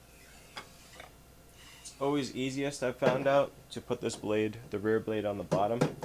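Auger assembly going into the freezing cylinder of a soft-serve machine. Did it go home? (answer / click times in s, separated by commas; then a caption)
no / none. An assembled auger is slid toward the back of the freezing cylinder of an Electro Freeze CS600 soft-serve freezer, before it is twisted to lock. Light ticks from the moving parts are heard at about 0.6 s and 1.0 s, then someone talks. Nothing has locked or clicked yet.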